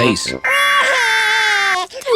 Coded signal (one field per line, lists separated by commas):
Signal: Emergency Alert System (SAME) tones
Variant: header bursts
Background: speech